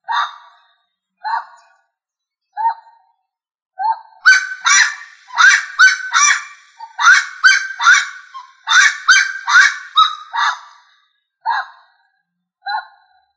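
Rail calls: harsh, squawking notes, first spaced single calls, then a rapid burst of loud raucous cries, and finally scattered single notes again.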